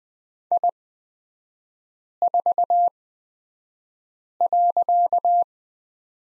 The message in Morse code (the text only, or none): I4.